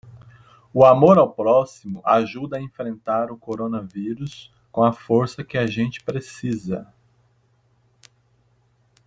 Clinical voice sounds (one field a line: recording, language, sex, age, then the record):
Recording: spoken sentence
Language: Brazilian Portuguese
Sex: male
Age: 40 to 49 years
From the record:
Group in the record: control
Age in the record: 46 years